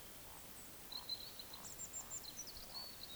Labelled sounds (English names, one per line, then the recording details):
Eurasian Woodcock croak
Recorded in Baden-Württemberg, Germany, on 20 May 2021 at 19:44 UTC
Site 24606, 635 m above sea level